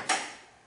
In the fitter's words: if you heard it click for that side